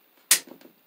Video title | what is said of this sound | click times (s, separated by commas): i show and explain installing ENT plastic/non metallic conduit straps fittings wiring switch | Hear it click in there the second time. Now it's in all the way. | 0.3 s